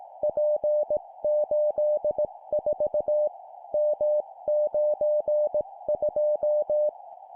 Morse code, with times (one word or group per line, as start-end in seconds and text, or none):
0.2-3.3 P84
3.7-6.9 M92